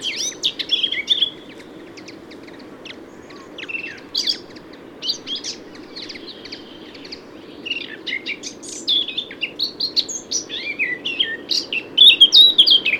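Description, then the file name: Eurasian blackcap warbling song in several bursts of quick, varied notes separated by short pauses, growing louder and fuller toward the end over faint background hum. "Sylvia atricapilla"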